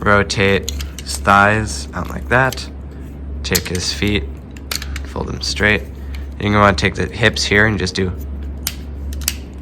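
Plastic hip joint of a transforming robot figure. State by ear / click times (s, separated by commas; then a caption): seated / 8.7 s, 9.3 s. Someone talks while rotating the thighs and folding the legs and feet of a plastic Transformers Optimus Maximus transforming robot figure, with faint handling ticks around 4.6 to 5.1 seconds. The hips are then turned, and the plastic hip joint ratchets into position with two sharp clicks at 8.7 and 9.3 seconds, seating in place.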